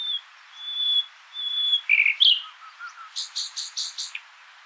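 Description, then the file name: Common nightingale song of long pure high whistles, then a burst of chattering notes and a short series of rapid pulsed notes. "Luscinia megarhynchos"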